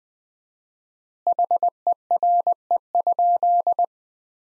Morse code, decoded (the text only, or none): HERE?